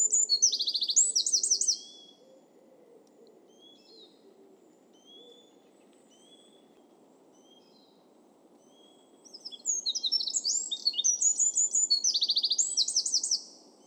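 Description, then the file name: Eurasian wren song, two bursts of shrill, rapid trilling and twittering, one opening and one lasting about four seconds later, separated by a quiet gap with faint high chips. "Troglodytes troglodytes"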